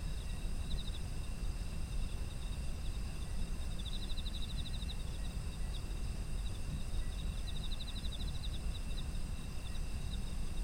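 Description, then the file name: Insects give bursts of rapid chirps, several spaced seconds apart, over a steady shrill hum and deep background rumble. Autumn insect ambient sound. "秋の虫の環境音"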